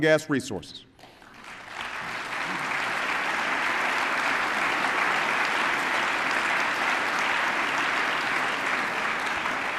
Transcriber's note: applause